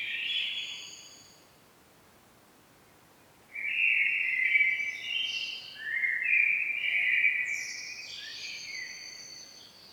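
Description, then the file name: Common blackbird song: a brief phrase, a few seconds of quiet, then a long stepped warble rising to higher squeaky notes at the close. "Turdus merula"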